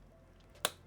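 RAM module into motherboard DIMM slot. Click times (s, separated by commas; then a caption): 0.7 s. A DDR5 RAM module is pressed into a motherboard DIMM slot, starting from the top end. The first of its two retention clips snaps shut with a single sharp click at 0.6 s over a quiet background, leaving the module only partly latched.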